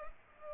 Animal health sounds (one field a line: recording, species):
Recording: mosquito wingbeat signal from an infrared sensor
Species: Culex pipiens